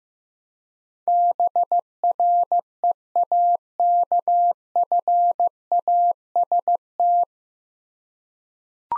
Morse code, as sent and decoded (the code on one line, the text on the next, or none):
-... .-. . .- -.- ..-. .- ... -
BREAKFAST